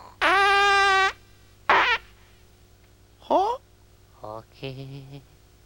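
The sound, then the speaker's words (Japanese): A string of five squeaky, buzzy fart noises with no talking, from the Dragon Ball anime: a long steady blast first, then shorter bursts that bend up and down in pitch, separated by brief pauses. “おならしたな。”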